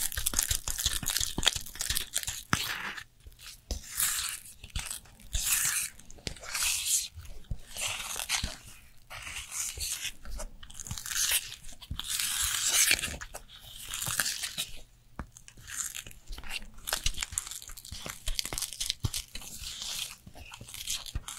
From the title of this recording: Korean Special Skincare Routine